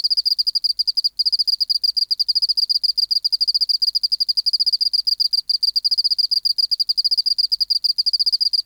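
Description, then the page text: Oceanic field cricket calling song: a dense stream of rapid high-pitched pulses with a steady shimmering quality, broken only by two brief gaps, with no other sounds present. Museum specimen recorded in an acoustic laboratory at 24°C, 30% humidity, still air, dim light; 19 March 1984, 11:15 local time. "Teleogryllus oceanicus. Mandag, marts 19, 1984"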